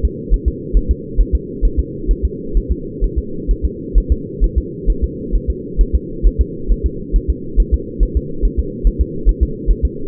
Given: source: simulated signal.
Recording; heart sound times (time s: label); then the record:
fetal heart sounds
0.05 s: S2
0.34 s: S1
0.48 s: S2
0.77 s: S1
0.91 s: S2
1.20 s: S1
1.35 s: S2
1.65 s: S1
1.79 s: S2
2.11 s: S1
2.25 s: S2
2.57 s: S1
2.72 s: S2
3.04 s: S1
3.19 s: S2
3.51 s: S1
3.65 s: S2
3.98 s: S1
4.12 s: S2
4.44 s: S1
4.58 s: S2
4.90 s: S1
5.04 s: S2
5.35 s: S1
5.50 s: S2
5.81 s: S1
5.95 s: S2
6.26 s: S1
6.41 s: S2
6.72 s: S1
6.86 s: S2
7.16 s: S1
7.30 s: S2
7.60 s: S1
7.74 s: S2
8.03 s: S1
8.17 s: S2
8.45 s: S1
8.59 s: S2
8.87 s: S1
9.01 s: S2
9.29 s: S1
9.43 s: S2
9.71 s: S1
9.85 s: S2
From the record:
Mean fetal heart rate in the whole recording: 135 bpm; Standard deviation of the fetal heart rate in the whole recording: 3 bpm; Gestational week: 36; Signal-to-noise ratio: -4.3 dB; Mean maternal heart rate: 72 bpm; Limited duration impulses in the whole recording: absent